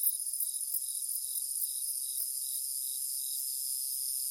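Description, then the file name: Cricket chirps, short high-pitched pulses in a quick regular series over a constant shrill background. "Just Sound Effects Crickets and Cicadas"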